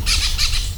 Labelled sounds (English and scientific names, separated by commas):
Brown-throated Parakeet (Eupsittula pertinax) contact call